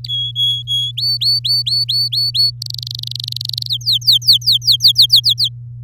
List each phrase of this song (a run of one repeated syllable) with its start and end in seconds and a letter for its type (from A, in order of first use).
0.04-0.92 A, 0.97-2.51 B, 2.62-3.68 C, 3.69-5.49 D